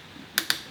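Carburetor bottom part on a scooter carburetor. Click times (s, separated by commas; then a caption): 0.4 s, 0.5 s. A bottom part of a Genuine Buddy 125 scooter carburetor is pushed down during disassembly, after its four bottom screws are removed, and snaps free. Two sharp, bright clicks sound at 0.4 s and 0.5 s over a quiet background. The part comes loose with the snap, a good sign.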